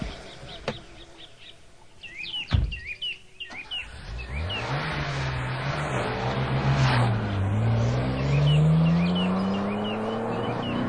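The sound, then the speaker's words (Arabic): A luxury car's engine revs up and accelerates on a highway, speeding up through 160, 180, 200 and 220, its low drone climbing steadily in pitch through several gear shifts, while birds chirp faintly in the background and a sharp thump sounds early on. “ويزيد 160 وخويها يزيد 180 وهذا يزيد 200 وهذا يزيد 220 حتى أوصلها إلى 300.”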